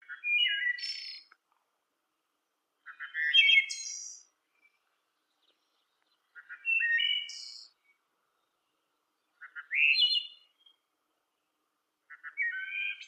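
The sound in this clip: Blackbird singing a repeated phrase five times: brief chips leading into a buzzy trill, sometimes capped by a high whistled note.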